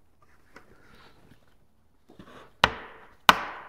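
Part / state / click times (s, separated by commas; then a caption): dust separator lid onto plastic bucket / seated / 2.6 s, 3.3 s. A plastic Oneida Low Pro dust separator lid is pushed further down around the rim of a plastic bucket, with soft rubbing and scraping before two sharp, loud pops at 2.6 s and 3.3 s. The last pops seat the separator fully on the rim, giving a good seal so it won't leak.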